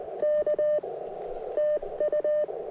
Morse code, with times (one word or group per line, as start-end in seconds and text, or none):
0.2-0.8 K
1.6-2.4 TU